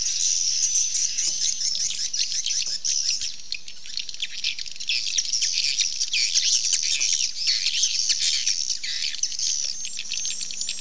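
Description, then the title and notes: Swiftlets chattering without pause, rapid high chirps and buzzy twitters blending into a steady shrill wash of sound. Swiftlet sound used in swiftlet farming in Asia. "Swiflet Bird Sound. Farming Swiflet Bird asia sound"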